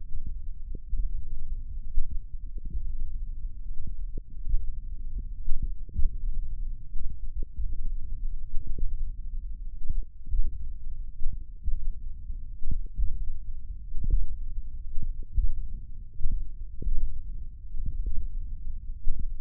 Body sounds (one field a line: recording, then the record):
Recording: forearm muscle sounds (acoustic myography)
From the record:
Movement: finger pinch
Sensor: system 1, eight BSWA MPA416 microphones around the upper forearm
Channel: 5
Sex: male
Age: 20 years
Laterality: left